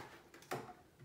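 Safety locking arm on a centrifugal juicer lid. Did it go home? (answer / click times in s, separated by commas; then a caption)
no / none. The safety locking arm on the lid of a centrifugal juicer is handled as the juicer is put back together, to be pushed over the lid so the juicer will run. A faint tap at about 0.3 s is followed by a louder, sharp knock at about 0.5 s with a short ringing tail, over quiet background. Nothing has snapped into place yet.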